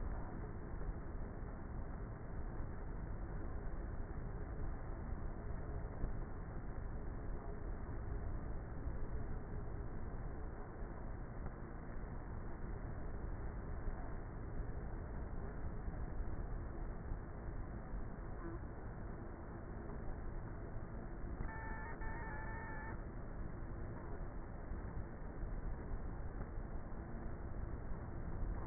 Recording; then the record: honeybee colony, microphone inside the hive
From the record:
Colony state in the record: queenless with a low population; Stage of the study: before two queens were removed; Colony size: about 30,000 bees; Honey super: no